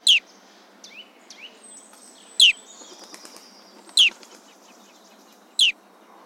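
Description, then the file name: Bearded reedling calls: four sharp, bright pinging notes at irregular intervals, with faint softer chirps between them over quiet hiss. "Panurus"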